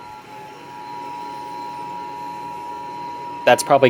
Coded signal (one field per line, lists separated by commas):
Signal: Emergency Alert System (SAME) tones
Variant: 853 and 960 Hz attention tone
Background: speech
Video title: 2 Special Marine Warnings || 9-7-24 (EAS #3,065-3,070)